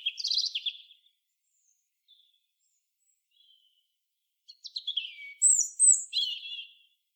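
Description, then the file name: European robin song: a quick high warble, a few faint soft notes, then a louder burst of sharp, thin high notes, with quiet surroundings. "Erithacus rubecula"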